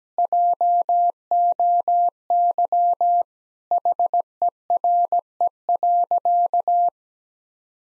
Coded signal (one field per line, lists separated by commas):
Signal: Morse code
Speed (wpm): 17 wpm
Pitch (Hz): 700 Hz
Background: none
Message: JOY HERE.